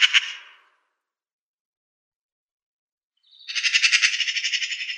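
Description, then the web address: Eurasian magpie with a brief harsh note, then after a silent gap a sustained rasping rattle of fast repeated notes. "Schulze Peter Eurasian Magpie calls"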